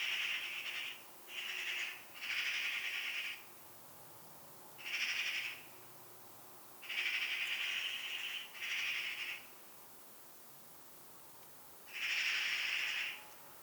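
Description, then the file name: Eurasian magpie chattering: seven harsh, rattling bursts of uneven length, spaced irregularly, some close together and others after longer silences, against a quiet background. "Pica pica"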